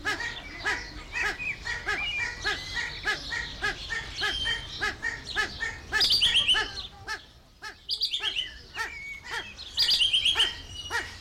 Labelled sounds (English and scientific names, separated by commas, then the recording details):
Satyr Tragopan (Tragopan satyra) call
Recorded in captivity
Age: adult
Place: Zoo Berlin, Berlin, DE
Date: 1992-06-20 12:15
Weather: wolkig-heiter, 20-24°C
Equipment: Marantz CP 430, Sennheiser ME 80, Kopie Tesla B 116
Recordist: Tembrock, Günter